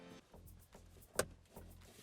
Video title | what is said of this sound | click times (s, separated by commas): F-150 Cabin Air Filter SWAP (2015 F150's and up) | we're gonna slide this back in get everything lined up it's gonna just all pop in | 1.2 s